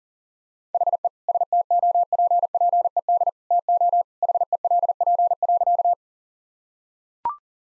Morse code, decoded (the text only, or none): HE STOPPED TO HELP.